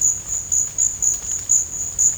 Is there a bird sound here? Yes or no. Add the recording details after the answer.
no. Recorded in dense forest near Puerto Asís, Putumayo, Colombia, on 21 December 2024 at 12:00. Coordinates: 0.481, -76.323. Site G100